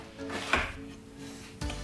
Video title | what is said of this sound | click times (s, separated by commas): Washing Machine Cleaning A Pro's Guide to Descale and Deep Clean | we'll pop the drawer back and all you do is you literally just slide it back into place and you'll hear a click | 0.5 s